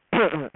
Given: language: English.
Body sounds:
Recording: throat vibration sensor signal played as sound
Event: throat clearing

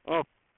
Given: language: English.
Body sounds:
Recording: throat vibration sensor signal played as sound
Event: speech

